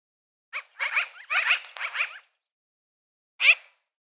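Magpie chattering in a rapid run of rough, rasping notes lasting over a second, then falling silent before one final harsh chirp.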